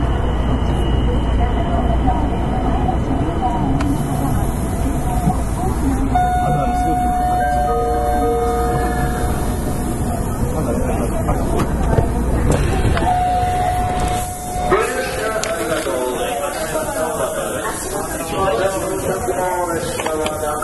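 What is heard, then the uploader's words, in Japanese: A Kitakyu 9000 series train on the Midosuji subway line hums steadily with voices talking over it, tones rising and whining midway. 北大阪急行 9000系。大阪市営地下鉄 御堂筋線内。新大阪から中百舌鳥までです。この時もご多分にもれず多客で。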